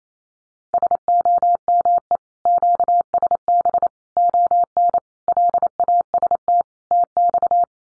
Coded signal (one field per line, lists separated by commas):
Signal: Morse code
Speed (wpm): 28 wpm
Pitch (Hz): 700 Hz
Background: none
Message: SOME QSB ON LAST TX